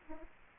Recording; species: mosquito wingbeat signal from an infrared sensor; Aedes aegypti